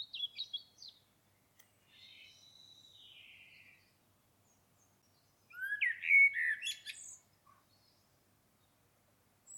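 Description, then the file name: Common blackbird song with high thin squeaks and a drawn-out whistle, then a rich warbled phrase, quiet pauses between. "Turdus merula"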